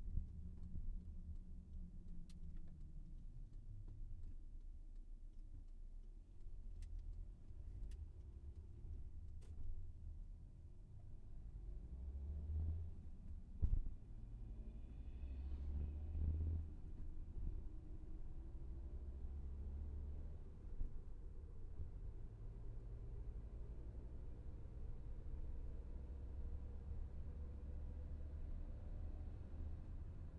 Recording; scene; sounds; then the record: everyday scene through a hearing-aid microphone; in a vehicle; engine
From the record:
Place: VW T5 Caravelle, diesel engine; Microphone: behind the ear, left, front